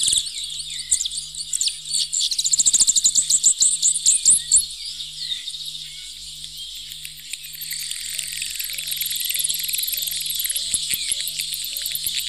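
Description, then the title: Grassland yellow finch song: rapid high notes sweeping up and down, then a long, even, buzzy trill, while a faint low hum pulses steadily in the background. Bahía Blanca area, Argentina, where the species is common. "Museo de Ciencias de Bahía Blanca. Misto"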